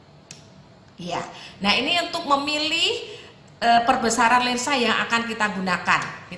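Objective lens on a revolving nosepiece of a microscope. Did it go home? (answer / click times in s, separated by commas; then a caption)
yes / 0.3 s. A microscope's revolving nosepiece, which holds the objective lenses, is turned until it clicks into its detent at 0.3 s with a short sharp tick, seating an objective lens in the light path. Someone then talks.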